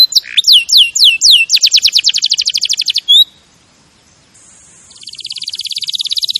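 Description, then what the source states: Canary song: several looping whistles, a fast rattling trill, a brief quiet spell, then a high thin trill building again. Champion canary song used as a master recording for training other birds.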